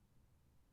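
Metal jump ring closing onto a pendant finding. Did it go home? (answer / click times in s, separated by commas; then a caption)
no / none. A metal jump ring is being closed onto a pendant finding with pliers, its ends twisted back and forth toward each other. Only a quiet, steady low hum is heard, with no distinct sharp sounds. Nothing has clicked or seated yet; the ring is not yet secure.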